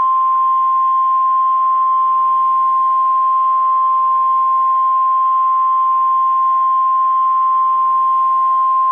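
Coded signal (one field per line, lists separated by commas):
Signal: Emergency Alert System (SAME) tones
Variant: 1050 Hz attention tone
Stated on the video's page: Simulated Halloween-themed EAS alert in retro style, one of a series of scenario recreations.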